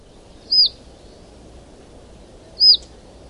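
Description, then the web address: Russet sparrow giving two brief, thin chirps that drop in pitch, about two seconds apart, with faint background hum. Recorded in Taiwan. "山麻雀"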